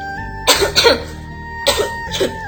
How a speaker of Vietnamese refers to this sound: Trong không khí nồng đượm khói lửa, làm người ta không mở mắt ra được. Tuyệt Hành có chịu ho khan một trận, rồi quát.